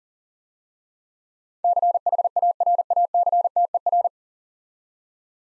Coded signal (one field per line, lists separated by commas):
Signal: Morse code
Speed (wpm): 40 wpm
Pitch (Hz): 700 Hz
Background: none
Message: CHARACTER